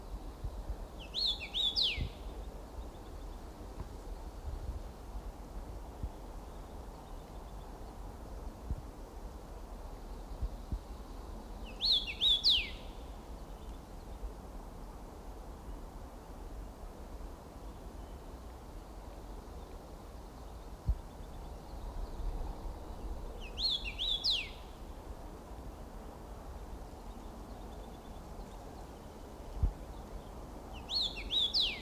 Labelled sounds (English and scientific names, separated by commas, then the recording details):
Common Rosefinch (Carpodacus erythrinus) song
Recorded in the wild
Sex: male
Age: adult
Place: Paratunka, Kamtschatka, RU
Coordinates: 53.5667, 158.417
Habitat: birch forest
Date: 1999-06-13 16:03
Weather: cloudy, ca. 20°C, moderate winds
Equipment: Sony WM-D6C, Sennheiser ME 80, K 30 AV Schalter II, Kopie Sony TCD-D8
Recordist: Frommolt, Karl-Heinz
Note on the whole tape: Im Wald (fast reiner Birkenwald), Schneise: Gesang - 14 Strophen. Tier nicht gesehen. Entfernung ca. 20 m